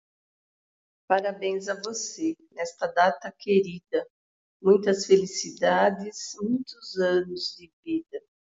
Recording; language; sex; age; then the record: short text; Brazilian Portuguese; female; 60 to 69 years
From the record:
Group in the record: control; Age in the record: 60 years